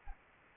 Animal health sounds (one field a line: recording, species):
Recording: mosquito wingbeat signal from an infrared sensor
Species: Anopheles gambiae